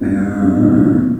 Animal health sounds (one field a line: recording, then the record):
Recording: squeal of a Yucatan mini pig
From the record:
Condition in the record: after surgery on the right vocal fold (resection and tissue-engineered implant)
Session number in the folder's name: 4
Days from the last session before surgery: 26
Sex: female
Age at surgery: 19 weeks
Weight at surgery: 25 kg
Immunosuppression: prednisolone